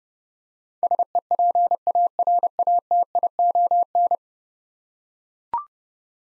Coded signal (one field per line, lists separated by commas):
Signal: Morse code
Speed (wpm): 32 wpm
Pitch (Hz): 700 Hz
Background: none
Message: SEPARATION